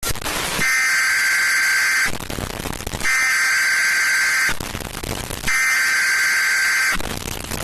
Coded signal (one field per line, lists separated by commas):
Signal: Emergency Alert System (SAME) tones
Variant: header bursts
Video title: Loud EAS alarm (recommend turning down volume)